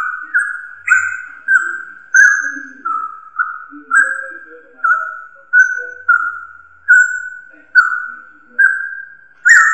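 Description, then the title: Drongo calls: a steady series of clear, slightly downslurred whistles at one pitch, with little else heard. "Suara Srigunting Dari Hobiburung"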